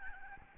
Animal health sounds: mosquito wingbeat signal from an infrared sensor; Aedes albopictus

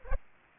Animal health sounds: mosquito wingbeat signal from an infrared sensor; Culex quinquefasciatus

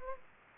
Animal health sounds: mosquito wingbeat signal from an infrared sensor; Anopheles gambiae

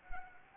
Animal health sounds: mosquito wingbeat signal from an infrared sensor; Anopheles gambiae

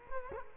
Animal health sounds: mosquito wingbeat signal from an infrared sensor; Culex quinquefasciatus

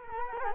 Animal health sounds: mosquito wingbeat signal from an infrared sensor; Culex quinquefasciatus

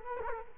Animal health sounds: mosquito wingbeat signal from an infrared sensor; Culex quinquefasciatus

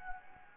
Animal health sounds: mosquito wingbeat signal from an infrared sensor; Anopheles gambiae

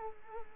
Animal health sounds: mosquito wingbeat signal from an infrared sensor; Culex quinquefasciatus

